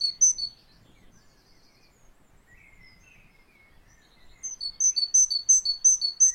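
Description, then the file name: Great tit song: a short burst of high notes, a quiet gap with faint thin notes, then rapid repeated two-note high phrases, about three per second. "Canto do chapins real"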